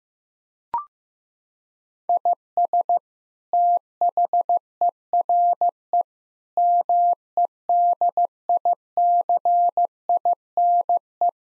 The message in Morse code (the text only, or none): IS THERE MEDICINE